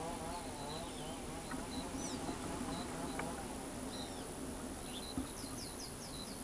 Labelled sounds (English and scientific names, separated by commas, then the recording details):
Great Kiskadee (Pitangus sulphuratus), Blue-gray Tanager (Thraupis episcopus), Roadside Hawk (Rupornis magnirostris), Blue-black Grassquit (Volatinia jacarina), Carib Grackle (Quiscalus lugubris)
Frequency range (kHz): Great Kiskadee (Pitangus sulphuratus) 2.7-4.7 kHz; Blue-gray Tanager (Thraupis episcopus) 3.5-12.2 kHz; Roadside Hawk (Rupornis magnirostris) 2.9-5.8 kHz; Blue-black Grassquit (Volatinia jacarina) 2.5-4.7 kHz; Carib Grackle (Quiscalus lugubris) 3.8-6.8 kHz
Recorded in pastures near Pivijay, Magdalena, Colombia, on 4 June 2023 at 11:00
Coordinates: 10.456, -74.369
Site P6-G026